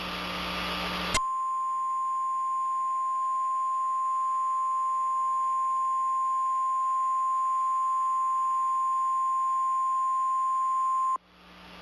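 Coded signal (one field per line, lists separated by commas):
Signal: Emergency Alert System (SAME) tones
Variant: 1050 Hz attention tone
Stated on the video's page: Fake, simulated emergency alert, not a real broadcast.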